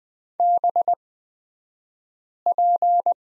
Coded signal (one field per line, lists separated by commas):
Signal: Morse code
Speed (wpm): 20 wpm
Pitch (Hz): 700 Hz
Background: none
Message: BP